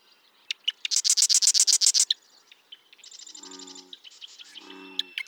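Bird song of a fast, loud rattling trill, then quieter high trills over low buzzy pulsed notes, and a final sharp burst.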